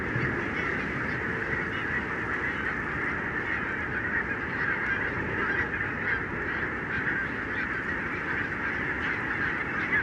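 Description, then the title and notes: Barnacle goose: barnacle geese, an unbroken clamour of many yelping calls blending into one even, steady din. Flock of about 20,000 birds on wintering grounds at Renesse, Netherlands, 12 January 2009; very noisy winter gathering; recorded with Nagra LB and Telinga P7. "Renesse - Pays-bas. 20 000 Bernache nonnette ( Branta leucopsis) en Hollande"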